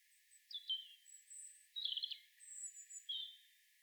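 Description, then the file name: European robin giving high, thin whistles and short sliding phrases, several separate notes spread over a few seconds against a faint hiss. "Erithacus rubecula"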